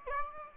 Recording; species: mosquito wingbeat signal from an infrared sensor; Aedes aegypti